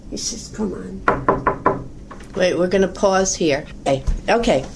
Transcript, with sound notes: she says "Come on" (knock on the door)
Wait, we're gonna pause here.. Okay,